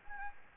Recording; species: mosquito wingbeat signal from an infrared sensor; Anopheles gambiae